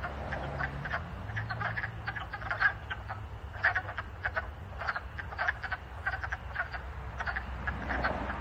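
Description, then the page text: Wood frogs calling in a chorus, many short clucking croaks overlapping irregularly throughout, over a steady low rumble. Recorded in Maryland. "Wood Frog by timboucher via iNaturalist"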